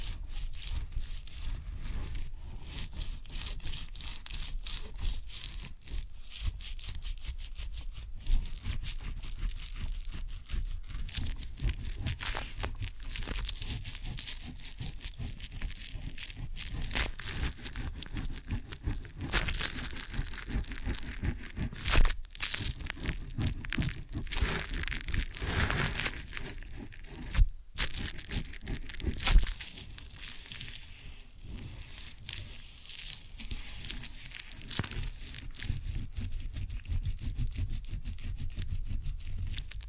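Ear and scalp massage with cleaning, heard as continuous dense rubbing, scratching and crinkling across the whole forty seconds. The friction noise is bright and busy, rising into rougher, louder stretches around 19–30 seconds, with brief sharp pops near 22 and 29 seconds.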